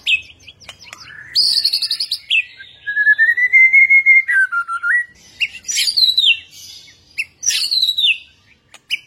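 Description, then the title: White-rumped shama song mixing rapid rattling notes, a long steady whistled tone that dips lower, then sharp downslurred bursts. Singing in a full rolling (ngerol) and shooting (nembak) song style. "Masteran Murai Batu Full Ngerol Nembak"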